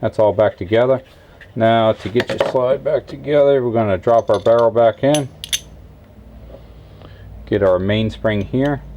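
Someone talks while reassembling a Sig P365 pistol slide, dropping the barrel back in and then pushing the recoil spring assembly into place against the metal barrel inside the slide, where it will lock into a groove on the barrel. Light metallic handling sounds come between the talk, with a small sudden sound at about 7.1 s. Nothing has seated or clicked yet.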